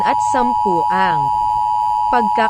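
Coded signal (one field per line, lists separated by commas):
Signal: Emergency Alert System (SAME) tones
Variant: 853 and 960 Hz attention tone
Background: speech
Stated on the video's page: Fictional scenario: simulated alert about an invasion of the Philippines.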